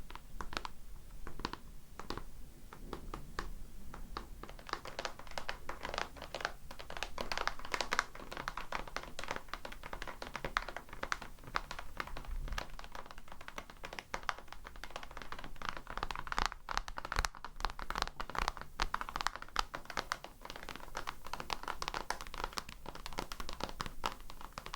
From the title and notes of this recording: ASMRMystic 7 Tapping.